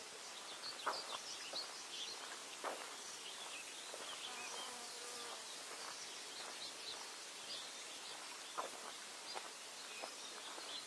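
Birds sing and chirp continuously over a steady airy hiss, with short sharp clicks or taps cutting in irregularly around one, three, and nine seconds.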